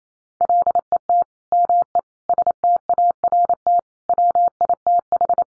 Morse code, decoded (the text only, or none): LET ME START WITH